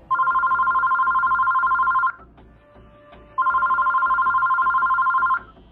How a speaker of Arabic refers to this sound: وقبل ما يخلص حسام جملته رن تليفون المكتب، والاتنين بصوا لبعض.